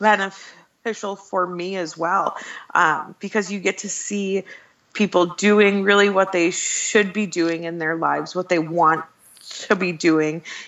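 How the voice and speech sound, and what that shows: An adult woman who stutters speaks in a conversational interview with mostly fluent phrases. The word 'beneficial' breaks mid-word with a short silent block, and a few sounds are stretched, in keeping with mild adult stuttering.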